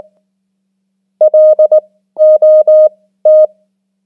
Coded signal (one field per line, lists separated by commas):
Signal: Morse code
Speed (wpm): 19 wpm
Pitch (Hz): 620 Hz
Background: music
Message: LOT